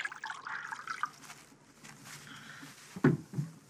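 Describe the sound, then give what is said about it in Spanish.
A woman pours water from a jug for her husband in a steady gurgling stream that thins out and trails away, followed by a soft knock about three seconds in. No one speaks. “Aquí está tu agua, Nun. ¿Quieres un poco, Aarón? No, gracias. Ella sirve a su esposo.”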